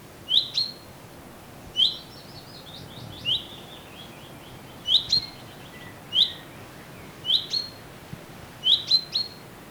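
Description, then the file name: Common chaffinch giving short, sharp, high-pitched chip calls at irregular intervals, sometimes doubled, with faint twittering in the background. "Fringilla coelebs"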